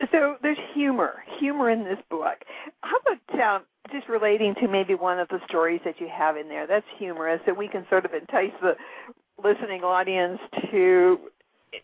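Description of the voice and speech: An adult woman speaks fluently at a natural conversational pace, asking a guest to share a humorous story. Her voice is clear and steady, with normal pitch variation and brief pauses. The sound is narrow and phone-like. Her speech shows no disorder.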